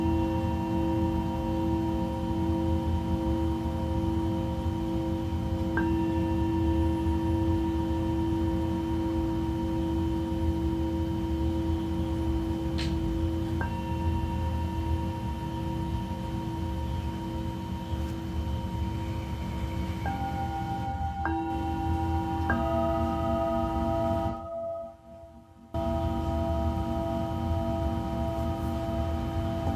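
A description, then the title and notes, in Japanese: Tibetan singing bowls ring in long, steady tones over a low humming drone. Fresh strikes land around 6, 13 and 20 seconds, each adding a new bright pitch that lingers. Near 25 seconds the sound briefly cuts out almost entirely before resuming. 真夜中のシンギングボウルのサウンドヒーリング。チベタンシンギングボウル。メキシコ。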